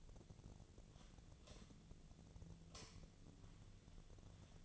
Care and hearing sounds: daily activity, microphone in the room; light on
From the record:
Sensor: 4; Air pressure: 1010.6 hPa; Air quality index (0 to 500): 173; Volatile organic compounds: 5 ppm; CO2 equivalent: 1754 ppm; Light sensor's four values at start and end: 36/105/41/42 and 37/107/42/43

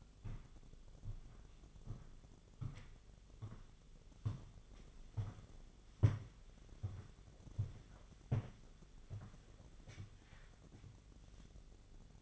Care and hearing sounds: daily activity, microphone in the room; walk to room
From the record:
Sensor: 4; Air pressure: 1000.8 hPa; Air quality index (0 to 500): 115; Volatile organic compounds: 1 ppm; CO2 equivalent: 872 ppm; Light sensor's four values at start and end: 87/215/92/98 and 82/201/87/92

